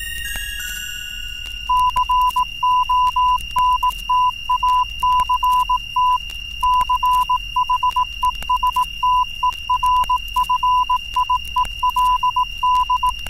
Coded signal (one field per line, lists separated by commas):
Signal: Morse code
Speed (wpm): 18 wpm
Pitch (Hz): 1000 Hz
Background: music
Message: CONTACT CHESTERFIELD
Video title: Stop Valve - "Numbers Station"